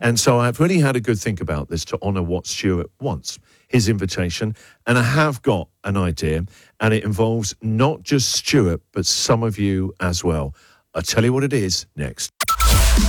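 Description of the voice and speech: Adult male radio host speaking fluently on Australian radio.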